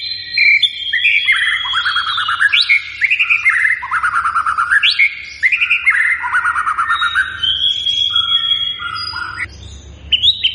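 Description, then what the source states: White-rumped shama singing, bright whistles and quick slurred notes tumbling through varied phrases. Continuously singing (gacor) bird; recording used as a lure to make the bird respond; local name murai batu.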